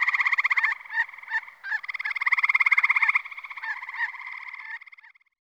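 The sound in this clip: Gray tree frog trilling: loud, musical pulsed trills, some long and some clipped short, overlapping and fading out at the end.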